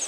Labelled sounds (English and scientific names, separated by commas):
Pine Warbler (Setophaga pinus) flight call